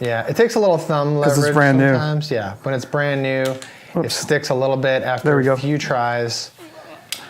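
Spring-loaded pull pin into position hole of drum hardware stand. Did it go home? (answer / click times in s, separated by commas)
yes / 7.1 s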